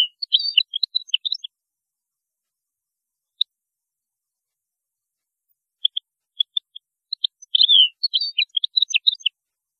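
European goldfinch song: a burst of rapid liquid twitters, a pause with isolated chips, then a longer run of tinkling, jangling notes.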